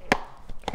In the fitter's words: es cómo quedaría escucharon el clic como hace el seguro que tienen el visor para quedarse en su lugar